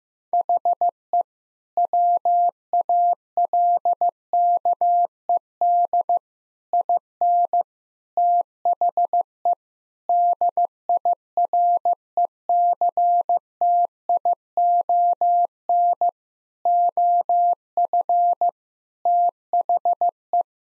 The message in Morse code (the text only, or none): HE WALKED IN THE DIRECTION OF THE